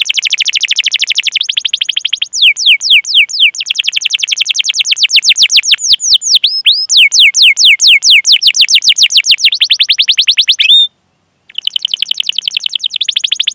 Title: Kenari Gacor Cengkok Terbaik Isian Paling Mewah